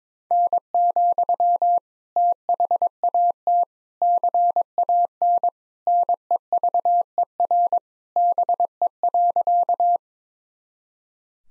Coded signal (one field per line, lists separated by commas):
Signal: Morse code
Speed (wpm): 22 wpm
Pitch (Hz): 700 Hz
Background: none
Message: N, THAT CAN NEVER BE.